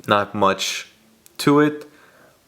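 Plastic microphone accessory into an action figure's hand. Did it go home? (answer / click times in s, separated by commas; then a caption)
no / none. A small plastic microphone accessory is handled against an action figure's hand while someone talks in short bursts with a quiet pause in the middle. The part has not snapped into the hand yet; nothing has seated or clicked.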